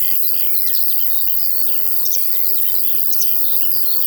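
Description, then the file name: Crickets keep up an unbroken shrill high trill as larks chatter with quick twittering notes, and a low hum lies beneath. In a field, with larks also heard. "Sounds from a Field Larks and Crickets"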